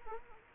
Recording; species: mosquito wingbeat signal from an infrared sensor; Culex quinquefasciatus